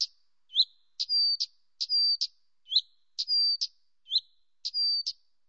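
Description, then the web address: Blyth's reed warbler repeating a simple phrase several times: a short curved note, then a level whistled note set between two sharp clicks. Nominate subspecies dumetorum. "birds acrocephalus dumetorum dumetorum"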